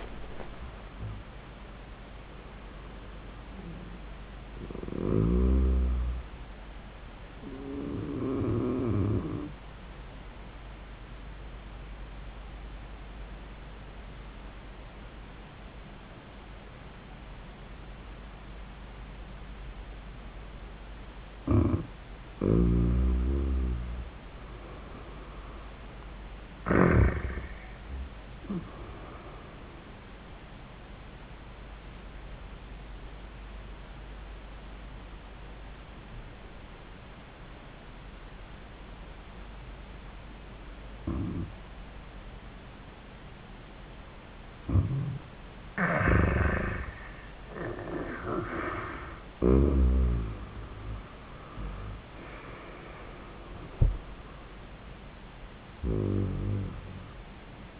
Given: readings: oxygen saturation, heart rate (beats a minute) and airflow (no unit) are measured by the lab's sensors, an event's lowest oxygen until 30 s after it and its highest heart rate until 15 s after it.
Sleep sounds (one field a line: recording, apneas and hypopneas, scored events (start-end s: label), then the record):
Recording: breathing in sleep by a voice recorder at the bedside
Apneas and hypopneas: 2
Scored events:
11.00-23.10 s: obstructive apnea (N1, oxygen 96% highest, then 88% lowest)
32.00-47.80 s: obstructive apnea (N1, oxygen 96% highest, then 85% lowest, heart rate 85 at the start, 90 highest)
45.00-57.80 s: new sleep stage, N2 (light sleep)
From the record:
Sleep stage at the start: N1 (lightest sleep)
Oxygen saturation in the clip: 84 to 96%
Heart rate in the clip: 83 to 96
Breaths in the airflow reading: 7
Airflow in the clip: -28.3 to 19.6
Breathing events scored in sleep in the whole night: 400 in 8.7 hours asleep